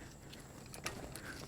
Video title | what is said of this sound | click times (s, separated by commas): 2011 - 2021 GM Ecotec 1.4L Engine Turbocharger Replacement ~ Exhaust Manifold Leak (Cruze / Sonic) | get it till it snaps in. Make sure it's snapped in good. | 0.9 s